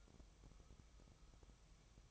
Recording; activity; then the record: daily activity, microphone in the room; take from stove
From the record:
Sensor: 1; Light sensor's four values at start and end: 9/22/8/9 and 9/22/8/9